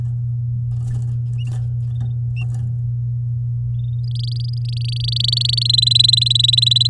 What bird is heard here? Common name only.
Domestic Canary